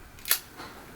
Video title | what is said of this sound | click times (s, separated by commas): Oakley Crankshaft Sunglasses - Quick and Easy Guide to Install New Replacement Lenses - Seek Optics | you should hear a popping sound like | 0.3 s